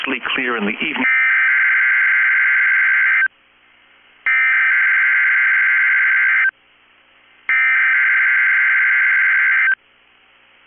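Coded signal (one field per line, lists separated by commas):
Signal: Emergency Alert System (SAME) tones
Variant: header bursts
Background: speech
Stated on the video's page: Required weekly test from weather radio station KEC65.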